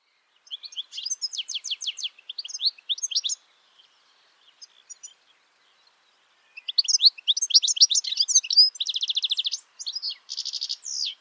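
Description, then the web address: Bird chirping in fast high trills, a quiet gap with a few faint notes, then a dense burst of rapid repeated notes and buzzy trills. "Deverinetal. Bird Only"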